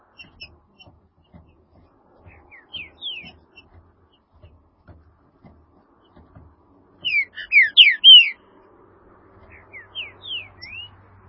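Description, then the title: Green-winged saltator song: soft whistled notes early, then a loud phrase of four or five rich slurred whistles at seven seconds, followed by a quieter partial phrase. "Trinca Ferro"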